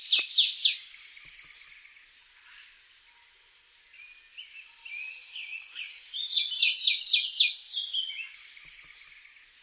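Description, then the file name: Marsh tit calls, rapid buzzy high notes in a fast series at the start and again near the end, with thin sustained tones and softer chips between. "Poecile palustris"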